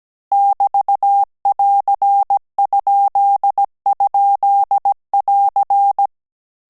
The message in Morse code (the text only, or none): <BT><AR>??<AR>